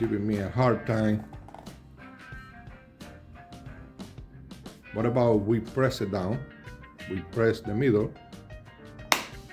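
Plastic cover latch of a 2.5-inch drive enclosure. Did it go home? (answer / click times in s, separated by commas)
released / 9.1 s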